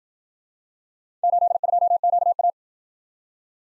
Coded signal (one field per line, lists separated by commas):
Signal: Morse code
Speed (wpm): 54 wpm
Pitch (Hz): 700 Hz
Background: none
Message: 82QA